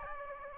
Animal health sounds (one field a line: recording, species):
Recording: mosquito wingbeat signal from an infrared sensor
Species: Aedes albopictus